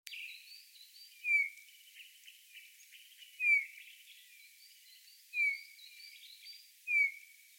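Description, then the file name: Eurasian bullfinch with four short, downslurred whistles spaced a couple of seconds apart, with faint chirps and twitters from other birds behind them. "Pyrrhula pyrrhula"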